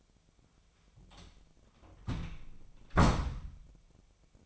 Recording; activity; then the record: daily activity, microphone in the room; close door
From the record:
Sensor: 1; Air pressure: 1007.2 hPa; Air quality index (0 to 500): 198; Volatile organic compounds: 19 ppm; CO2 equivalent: 2670 ppm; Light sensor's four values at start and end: 13/34/14/15 and 13/32/13/15